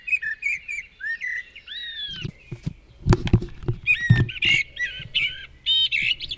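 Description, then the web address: Eurasian blackbird giving short sliding whistled notes, with scattered low thumps and rumbling. Recorded in the neighbourhood. "ecoute de mon quartier merle noir"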